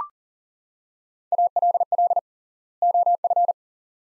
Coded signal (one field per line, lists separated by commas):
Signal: Morse code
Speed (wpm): 40 wpm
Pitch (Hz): 700 Hz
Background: none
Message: ALL OF